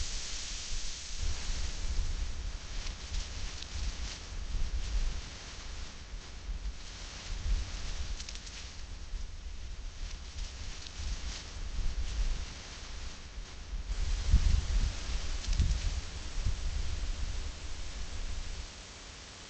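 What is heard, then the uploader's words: A breeze blows steadily, a soft airy hiss spread from low to high with deep rumbling gusts underneath. The wind swells and eases in uneven waves, strongest near the start and again around fourteen to sixteen seconds, when low buffeting thumps rise. Breeze.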